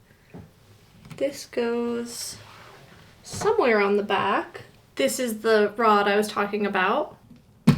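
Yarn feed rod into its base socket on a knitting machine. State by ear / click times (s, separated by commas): not seated / none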